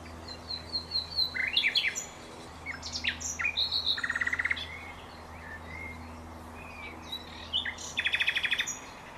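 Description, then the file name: Common nightingale singing varied phrases: sharp repeated notes, rattling trills and high whistles, broken by short pauses, ending with a fast metallic trill. "Luscinia megarhynchos"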